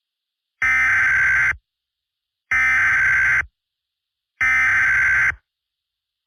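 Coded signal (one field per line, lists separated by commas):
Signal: Emergency Alert System (SAME) tones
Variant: header bursts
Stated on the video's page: Fictional EAS scenario.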